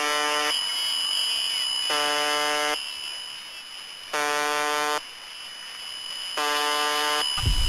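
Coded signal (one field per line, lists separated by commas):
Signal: channel marker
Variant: UVB-76 (The Buzzer)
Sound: four harsh low buzzes, each under a second, evenly repeating with a faint steady whine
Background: radio static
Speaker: the catchily title russian station mdzhb formerly and better known as uvb 76 broadcasts almost nothing except this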